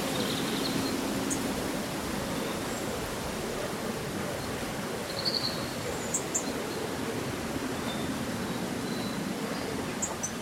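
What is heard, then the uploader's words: Leaves rustle in a steady, dense wash that hardly changes in level across the whole stretch, full and rushing like moving water. Faint, brief bird chirps peek through high above it now and then, a few near the middle and the end. Breezy Summer Day Rustling Leaves and Birdsong. Rustling leaves and the melodies of local birds.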